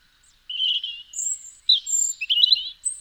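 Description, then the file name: European robin song: a run of high, thin whistles and scratchy trills broken by brief pauses, shifting quickly between pitches. "Erithacus rubecula"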